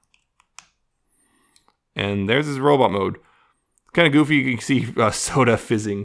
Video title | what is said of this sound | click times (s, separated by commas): Transformers BotBots Techie Team | tilt out like that then you take the feet and pull them out until they click and there's | 0.6 s